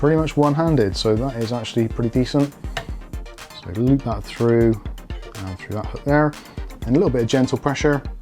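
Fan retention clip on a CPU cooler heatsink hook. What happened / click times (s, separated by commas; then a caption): Handled, not yet home: the fan's wire clip is being fitted to the cooler / none. Someone talks throughout while a fan's wire retention clip is looped through the hook on a CPU cooler heatsink and pressed on gently. Two brief handling sounds come at about 2.8 s and 3.1 s, but nothing has seated or clicked yet: the clip has not locked into place.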